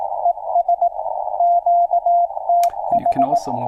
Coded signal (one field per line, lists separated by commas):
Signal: Morse code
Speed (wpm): 18 wpm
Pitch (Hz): 690 Hz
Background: speech, radio noise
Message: ES QTH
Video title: Back into CW... (Live Stream) | HamRadio